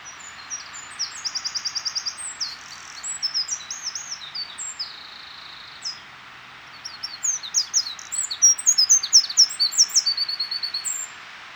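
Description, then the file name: Eurasian wren song of very high, quick notes, with a short dry trill early, scattered chips midway and a loud rattling run in the final four seconds. "Troglodytes troglodytes"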